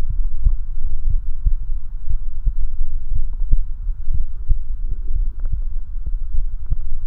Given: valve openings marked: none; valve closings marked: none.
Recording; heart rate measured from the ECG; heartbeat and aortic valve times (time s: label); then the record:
heart sounds by stethoscope; 58 bpm
0.11 s: heartbeat (ECG mark)
1.11 s: heartbeat (ECG mark)
2.12 s: heartbeat (ECG mark)
3.17 s: heartbeat (ECG mark)
4.16 s: heartbeat (ECG mark)
5.18 s: heartbeat (ECG mark)
6.36 s: heartbeat (ECG mark)
From the record:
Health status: healthy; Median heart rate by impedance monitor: 59 bpm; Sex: male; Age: 20 years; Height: 178 cm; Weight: 77 kg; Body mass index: 24.30